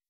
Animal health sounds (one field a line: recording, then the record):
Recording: hydrophone in a shrimp aquaculture tank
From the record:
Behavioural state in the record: weakened